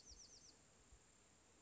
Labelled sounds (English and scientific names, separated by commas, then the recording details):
Bewick's Wren (Thryomanes bewickii)
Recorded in Sonoma County, California